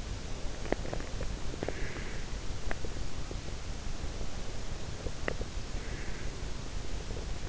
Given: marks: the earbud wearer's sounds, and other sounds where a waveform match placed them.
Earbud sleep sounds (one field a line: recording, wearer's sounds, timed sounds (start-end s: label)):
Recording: sounds in sleep by an in-ear microphone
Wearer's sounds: teeth grinding, breath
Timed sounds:
0.50-0.93 s: teeth grinding
1.53-1.89 s: teeth grinding
1.53-2.32 s: breath
2.56-2.89 s: teeth grinding
5.11-5.49 s: teeth grinding
5.77-6.37 s: breath